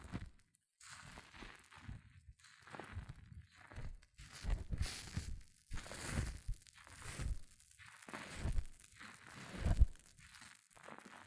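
Hair mousse fizzing and crackling in bursts that swell and fade every second or so, with crisp, bright crinkly texture over soft low rustling. Handling noises come and go throughout, and a sharp tap stands out near ten seconds.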